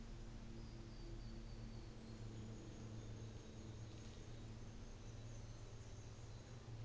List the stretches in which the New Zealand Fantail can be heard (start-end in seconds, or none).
1.53-6.72